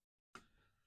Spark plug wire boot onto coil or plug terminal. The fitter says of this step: there it goes pop